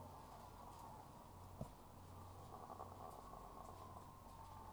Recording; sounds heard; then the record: poultry house recording; sick chickens (respiratory disease)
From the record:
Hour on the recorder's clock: 12